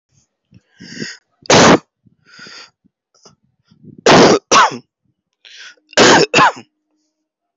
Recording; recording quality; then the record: shallow voluntary cough; excellent, no background noise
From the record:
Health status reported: COVID-19 positive, no symptoms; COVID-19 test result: positive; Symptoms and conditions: cough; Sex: male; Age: 30 years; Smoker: not ticked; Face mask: not worn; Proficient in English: yes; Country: India